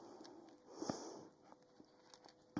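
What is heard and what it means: A small metal jewellery component, made of findings and jump rings, is brought down toward its locking seat on the piece, with faint handling noise and a few light metallic taps followed by a sharper knock near the end. The component fails to lock into place, and nothing has seated or clicked yet.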